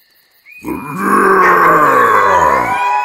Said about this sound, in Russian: От моего рева хищники невольно вздрогнули, и это дало мне возможность прыгнуть ближайшей твари прямо на спину.